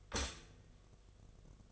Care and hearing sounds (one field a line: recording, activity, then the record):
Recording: daily activity, microphone in the room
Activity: stop toaster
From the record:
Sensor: 4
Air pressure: 1005.0 hPa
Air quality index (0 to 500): 187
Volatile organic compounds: 6 ppm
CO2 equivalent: 1836 ppm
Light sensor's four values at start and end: 17/57/21/20 and 17/57/21/20